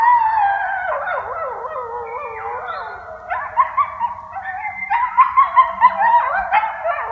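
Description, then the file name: Coyote chorus of wobbling, warbling howls sliding up and down, breaking into a run of quick rhythmic yelps toward the end. "song dogs"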